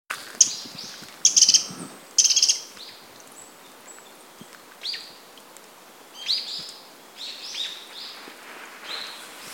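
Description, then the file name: Eurasian wren calls: hard, high ticking rattles in three quick bursts early on, followed by scattered softer chirps. "Troglodytes troglodytes"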